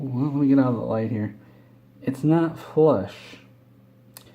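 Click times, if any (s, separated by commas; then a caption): 4.2 s. A detachable game controller is slid onto the side rail of a Nintendo Switch handheld console while someone talks. A small, sharp click is heard at 4.2 s. Although the console reports it as attached, the controller is not fully seated on the rail.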